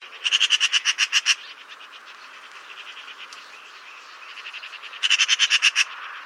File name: Pica pica